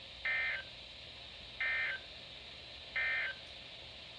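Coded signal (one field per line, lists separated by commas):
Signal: Emergency Alert System (SAME) tones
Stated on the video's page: Weekly tests.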